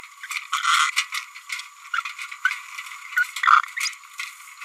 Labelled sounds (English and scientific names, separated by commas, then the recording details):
Green-rumped Parrotlet (Forpus passerinus) babbling
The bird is a male
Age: 27 days
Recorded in a nest box in Venezuela
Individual 17B102A4